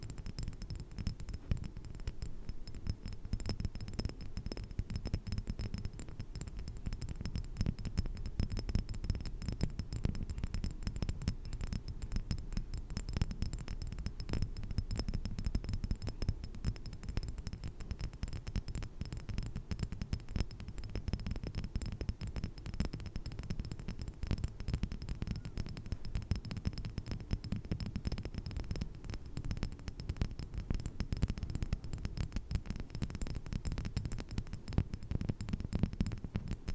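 Pure tapping: a dense, rapid stream of small taps that runs without pause for the whole stretch, at a fairly even loudness. The taps sit over a low, steady hum, and a faint thin high whine stays constant behind them.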